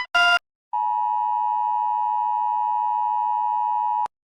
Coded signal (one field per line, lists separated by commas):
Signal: Emergency Alert System (SAME) tones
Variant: 853 and 960 Hz attention tone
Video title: random eas alarms (i’ve been doing this for hours straight)